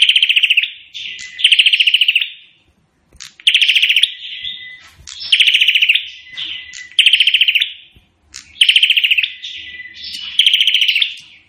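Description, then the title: Prinia singing a series of harsh, rapid, machine-gun-like rattling trills, roughly every one to two seconds, mixed with brief whistled and chipping notes. Singing vigorously (gacor); song described as sounding like AK-47 gunfire. "Burung Prenjak Gacor Suara Tembakan Ak-47"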